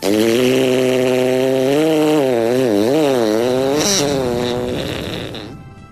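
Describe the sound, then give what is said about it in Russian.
A loud, drawn-out fart lasting about five seconds, with a buzzy, reedy tone whose pitch wobbles and dips before it tapers off at the end. No one speaks. Petrusha, a character in Vladimir Sorokin's story, lets it out while bent over as a robot holds a lighter flame to his rear. “Петруша громко выпустил газы.”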